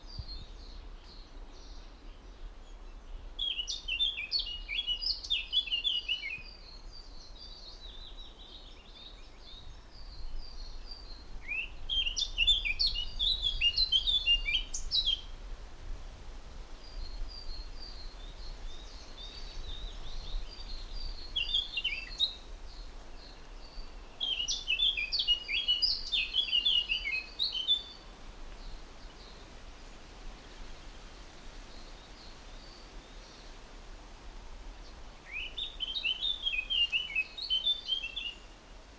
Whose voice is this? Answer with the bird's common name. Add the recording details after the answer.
Eurasian Blackcap. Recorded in the wild. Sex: male. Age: adult. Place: Mühlenbeck, am Tegeler Fließ, Brandenburg, DE. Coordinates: 52.596, 13.282. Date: 1992-05-31 10:25. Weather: sonnig, 22-25 °C. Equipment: Marantz CP 430, Sennheiser ME 80, K 30 AV, Kopie Tesla B 116. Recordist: Tembrock, Günter. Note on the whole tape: Fließteiche bei Mühlenbeck; Gesang (ca. 15 Strophen) (sehr gut)